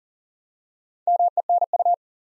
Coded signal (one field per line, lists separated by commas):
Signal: Morse code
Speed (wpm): 40 wpm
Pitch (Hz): 700 Hz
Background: none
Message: MENU